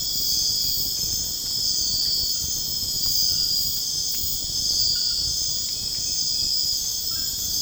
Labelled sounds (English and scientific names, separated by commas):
none